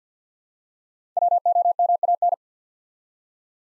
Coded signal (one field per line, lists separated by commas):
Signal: Morse code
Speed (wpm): 48 wpm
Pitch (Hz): 700 Hz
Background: none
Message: WOMAN